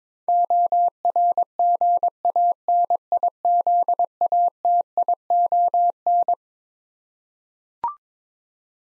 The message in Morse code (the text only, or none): ORGANIZATION